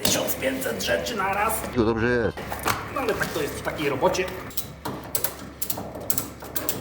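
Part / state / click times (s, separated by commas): unidentified part hooked back onto car body during restoration / not seated / none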